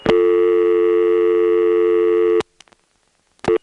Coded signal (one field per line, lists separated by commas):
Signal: telephone call progress tone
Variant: North America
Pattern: dial tone